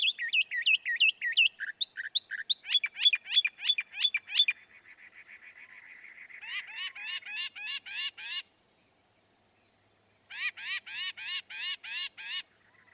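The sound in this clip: Northern mockingbird song: quick varied notes, a soft buzzy trill and fast repeated chattering phrases, then more of these phrases after a short silence.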